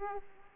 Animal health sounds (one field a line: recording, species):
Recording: mosquito wingbeat signal from an infrared sensor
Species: Aedes aegypti